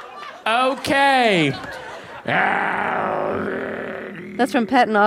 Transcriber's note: growls